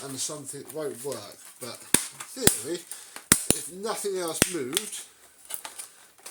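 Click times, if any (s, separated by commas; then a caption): 5.5 s. Someone talks while working the plastic bottom cover of a Shark Navigator Lift-Away upright vacuum over the power connector and wires, with several sharp plastic knocks along the way. After the talking stops, the cover is pushed home and clicks into place at 5.5 s, seated on the vacuum body.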